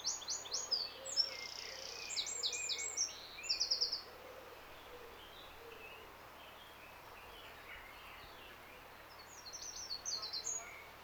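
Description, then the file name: Eurasian wren delivers a loud, rapid phrase of high trills for four seconds, a long quiet gap follows, then the song resumes briefly. "Troglodytes troglodytes"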